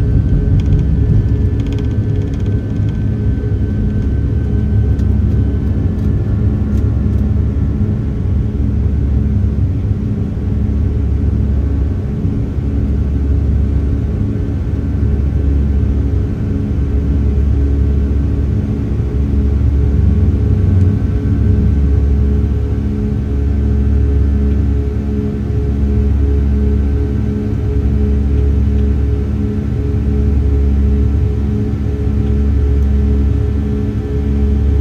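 Steady jet engine drone inside a Boeing 757 cabin, a heavy low rumble with a constant hum that pulses gently in slow waves. A faint steady tone sits above it, and brief light clicks or rattles come through in the first few seconds.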